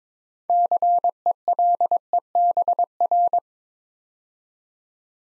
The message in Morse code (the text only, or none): CELEBR